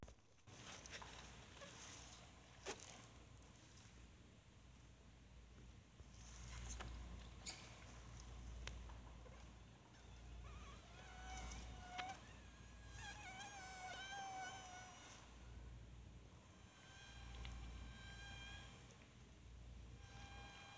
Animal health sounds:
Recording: mosquito flight sound by mobile phone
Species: Anopheles dirus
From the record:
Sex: mixed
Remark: in a cage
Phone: Sony Xperia

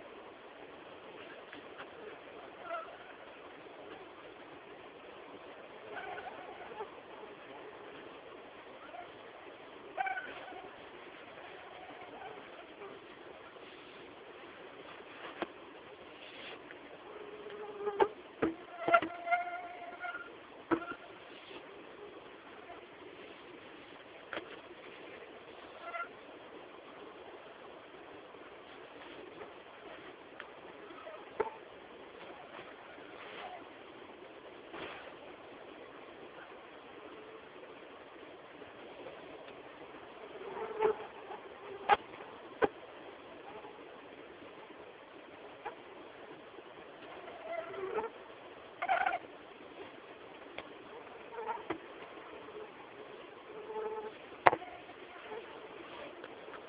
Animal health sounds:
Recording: mosquito flight sound by mobile phone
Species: Anopheles albimanus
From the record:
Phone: Samsung T209

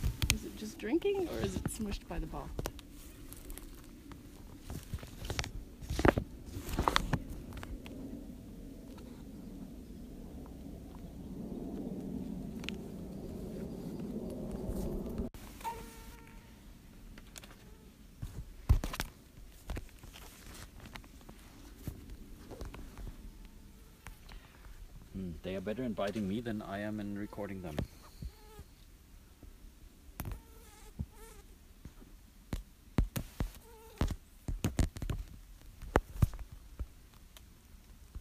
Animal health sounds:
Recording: mosquito flight sound by mobile phone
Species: Aedes sierrensis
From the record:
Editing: field recording with all noises

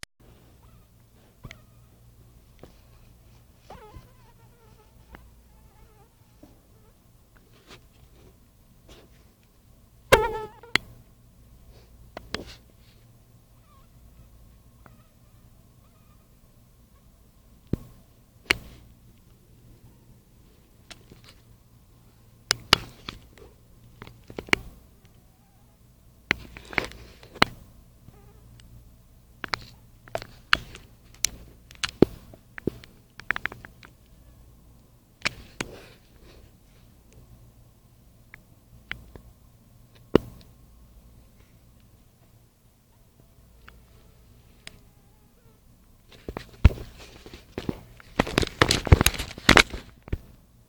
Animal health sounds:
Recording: mosquito flight sound by mobile phone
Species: Anopheles dirus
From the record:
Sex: female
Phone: Nokia 5235

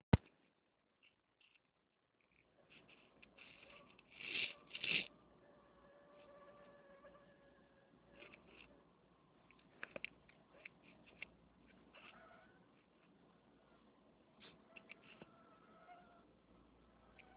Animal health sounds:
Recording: mosquito flight sound by mobile phone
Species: Anopheles minimus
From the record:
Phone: Nokia 6555B

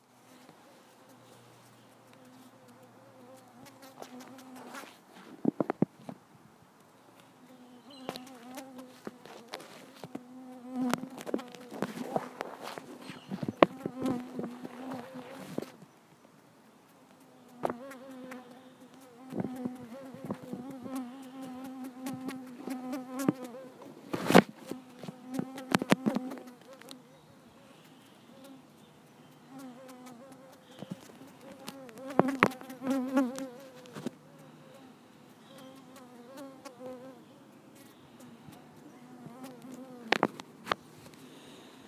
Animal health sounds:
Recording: mosquito flight sound by mobile phone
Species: Culiseta incidens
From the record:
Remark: outdoors

